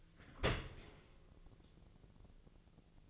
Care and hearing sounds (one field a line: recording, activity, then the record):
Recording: daily activity, microphone in the room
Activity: open dishwasher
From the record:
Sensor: 4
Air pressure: 1001.3 hPa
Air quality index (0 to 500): 179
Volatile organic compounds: 2 ppm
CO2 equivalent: 1278 ppm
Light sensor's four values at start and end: 12/27/11/11 and 12/27/11/11